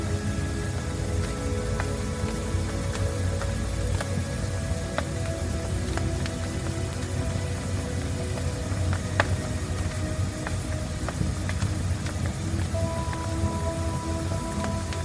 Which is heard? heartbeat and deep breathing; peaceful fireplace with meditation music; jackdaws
peaceful fireplace with meditation music